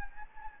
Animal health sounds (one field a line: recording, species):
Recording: mosquito wingbeat signal from an infrared sensor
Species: Anopheles gambiae